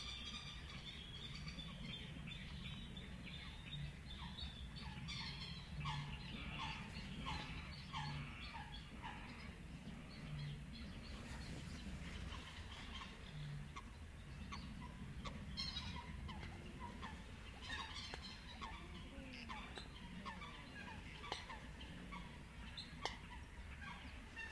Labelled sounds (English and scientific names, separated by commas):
Little Crake (Porzana parva) call